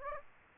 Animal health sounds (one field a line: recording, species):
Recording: mosquito wingbeat signal from an infrared sensor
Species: Aedes aegypti